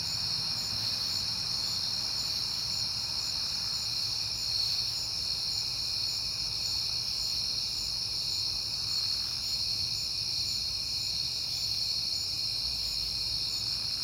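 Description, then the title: Crickets keep up an unbroken, shrill pulsing trill; a low rumble of traffic swells and fades underneath. Recorded outdoors at night in September on a peaceful night, with passing cars. "Night Time: Crickets and Passing Cars"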